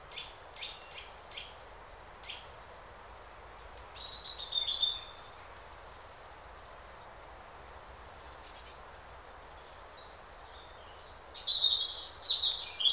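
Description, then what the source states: Bird song with short, high, twittering phrases in two bursts, separated by quieter clicky chirps and a constant soft hiss. Several birds singing in a calm forest during the day.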